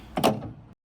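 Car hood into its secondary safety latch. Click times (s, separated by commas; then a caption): 0.2 s. A car hood on an Audi A3 / VW is pushed down and engages its secondary safety latch, the first of two latches. There are short metallic clicks at 0.2 s and 0.3 s, followed by a fading rattle before silence. The hood is seated in the secondary latch.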